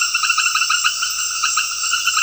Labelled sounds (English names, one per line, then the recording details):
none
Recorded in secondary vegetation near Puerto Asís, Putumayo, Colombia, on 20 February 2024 at 21:00
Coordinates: 0.481, -76.323
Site G6376